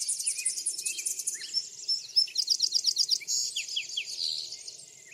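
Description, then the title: Birdsong from several birds: dense high chirps, trills and downslurred whistles overlapping throughout, with a faint low hum underneath. Backyard. "Backyard Birds - Ambient Nature Bird Sounds"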